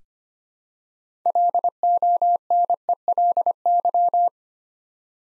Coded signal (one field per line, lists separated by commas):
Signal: Morse code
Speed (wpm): 25 wpm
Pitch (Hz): 700 Hz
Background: none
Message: LONELY